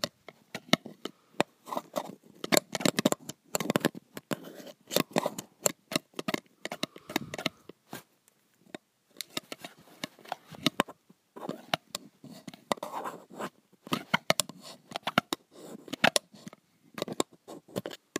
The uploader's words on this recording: ASMR Pencil on Metal.